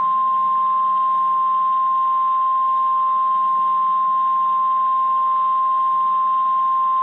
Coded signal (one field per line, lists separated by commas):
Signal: Emergency Alert System (SAME) tones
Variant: 1050 Hz attention tone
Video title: Severe Thunderstorm Warning (1/8/26) [EAS #355]